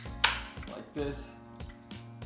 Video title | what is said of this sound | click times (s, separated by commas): E63 Brake Booster Install & Parts Review For BMW E30 | two different sizes here so this just goes and snaps into place like | 0.2 s